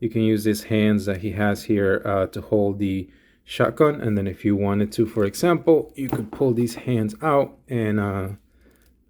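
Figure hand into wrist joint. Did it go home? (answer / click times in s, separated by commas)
no / none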